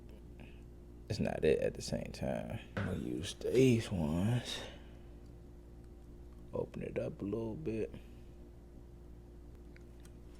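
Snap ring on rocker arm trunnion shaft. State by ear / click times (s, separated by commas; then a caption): not seated / none. A steel snap ring for a rocker arm trunnion shaft on an LS motor is opened slightly with pliers and lined up over the shaft groove, producing only small handling ticks while someone talks. Nothing has seated or clicked yet.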